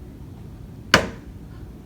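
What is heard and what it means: A plastic cap is pushed onto a black felt-tip marker so the marker won't dry out. A single sharp click is heard at 0.9 s as the cap snaps shut and seats. Quiet background before and after, with no talk in the clip.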